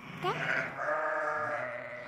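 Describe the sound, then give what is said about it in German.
Ewes and lambs bleat together in a steady chorus around a shepherdess standing among the flock, one wavering call rising over a sustained, overlapping bleat that holds for nearly two seconds at a moderate level. “Sie steht in einer Gruppe Mutterschafe mit ihren Lämmern und trägt ihren kleinen Sohn auf dem Rücken.”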